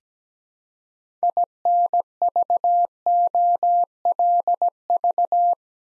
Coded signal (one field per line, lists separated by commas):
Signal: Morse code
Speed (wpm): 17 wpm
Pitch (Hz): 700 Hz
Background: none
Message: INVOLV